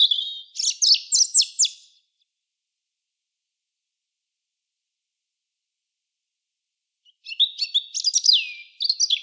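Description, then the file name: European robin song: two separate bursts of high, varied, rapid twittering notes, the second including a falling whistle, with a long silent pause between them. "Erithacus rubecula"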